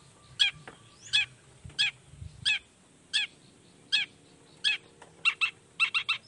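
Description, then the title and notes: Long-tailed shrike harsh buzzy notes repeated about once every seven-tenths of a second, quickening into doubled notes at the end, with faint low rumble early. Long-tailed shrike in full song (gacor) in the morning, singing the 'toet toet' variation; said to prompt other shrikes to answer. "Cendet Gacor Dor Di Kala Pagi Toet Toet Variasi Suara. Cendet Gacor Pagi Hari Biangnya Bikin Cendet Manapun Langsung On Nyaut Buka Materi. Burung cendet"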